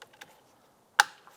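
A door switch bezel on a 2002-2008 Dodge Ram 1500 is pushed into the plastic interior door trim panel, with a few faint light ticks beforehand. It clips home with a single sharp, bright snap at 1.0 s that quickly fades, followed by a soft tick, and the switch panel is seated in the trim.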